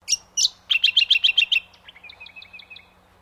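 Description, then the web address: Brown honeyeater calling: two sharp high chirps, then a rapid series of several bright notes, followed by softer quick repeated twittering that fades out. "Sound Effects-Foundation 1 BIRD BROWN HONEY EATER CALL"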